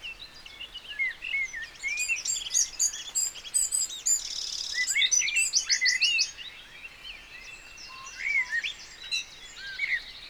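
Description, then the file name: Eurasian wren song, rapid high, sharp notes and a buzzing trill, overlapped by whistles and chirps from other birds. "Troglodytes troglodytes"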